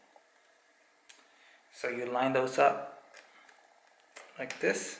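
An interchangeable lens is lined up with the camera body mount, its white marker aligned with the white circle on the body, before being twisted to lock. Light handling taps are heard around 1.1 s and 4.2 s while someone talks. Nothing has seated or clicked yet.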